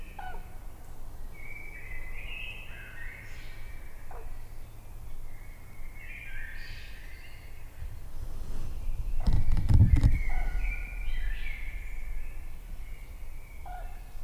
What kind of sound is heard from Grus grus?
flight call